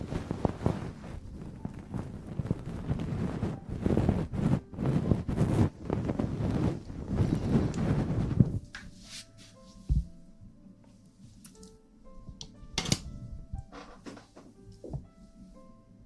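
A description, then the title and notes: Muffled rubbing and scraping right against the ear fills the first eight seconds, dense and rumbling with rapid strokes. After that it drops to a quieter, sparser stretch of soft taps and brief scratchy touches, with a faint low hum underneath. ASMR Ear cleaning & Ear massage.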